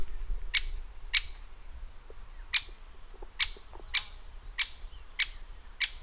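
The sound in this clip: Great spotted woodpecker calls: eight sharp, short 'kik' notes, loud and clipped, spaced roughly every half to one and a half seconds over a low background rumble.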